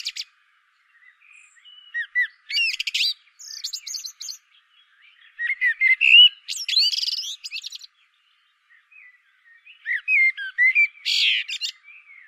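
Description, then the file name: Common blackbird song: three warbled phrases, each of mellow low whistles running into thin, squeaky, high twittering, with short pauses between. "Turdus merula"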